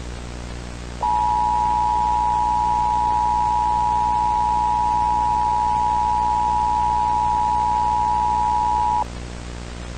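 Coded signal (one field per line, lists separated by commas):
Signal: Emergency Alert System (SAME) tones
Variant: 853 and 960 Hz attention tone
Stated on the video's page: Fictional EAS scenario, not a real alert.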